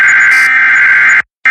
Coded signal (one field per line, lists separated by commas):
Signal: Emergency Alert System (SAME) tones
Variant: header bursts